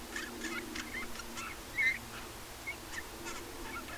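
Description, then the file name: Eurasian bullfinch calls, short soft whistled notes, the clearest one near the two-second mark, over faint chatter from other birds. "Pyrrhula pyrrhula"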